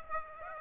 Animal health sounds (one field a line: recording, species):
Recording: mosquito wingbeat signal from an infrared sensor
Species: Aedes aegypti